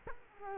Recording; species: mosquito wingbeat signal from an infrared sensor; Culex quinquefasciatus